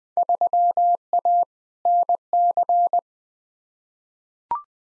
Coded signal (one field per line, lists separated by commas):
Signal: Morse code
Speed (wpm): 20 wpm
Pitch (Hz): 700 Hz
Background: none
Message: 3A NC